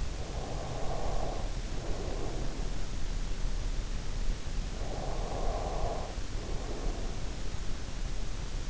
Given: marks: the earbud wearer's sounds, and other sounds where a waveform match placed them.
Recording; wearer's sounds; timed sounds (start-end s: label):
sounds in sleep by an in-ear microphone; breath
0.00-3.32 s: breath
4.58-7.81 s: breath